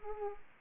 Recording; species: mosquito wingbeat signal from an infrared sensor; Anopheles arabiensis